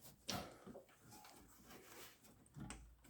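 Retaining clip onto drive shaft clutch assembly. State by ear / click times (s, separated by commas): seated / 0.3 s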